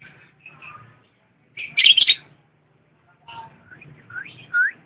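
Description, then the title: Lovebird song: soft twittering, a loud harsh burst, then rising squeaky whistled notes. Champion lovebird song. "KICAU BURUNG LOVEBIRD JUARA"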